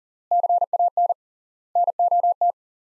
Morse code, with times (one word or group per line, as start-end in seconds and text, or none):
0.3-1.1 CAN
1.8-2.5 NOT